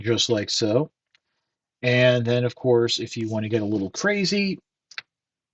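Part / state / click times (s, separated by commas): extending handle of an action figure's weapon accessory / seated / 4.9 s, 5.0 s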